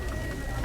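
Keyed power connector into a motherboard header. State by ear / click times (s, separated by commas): not seated / none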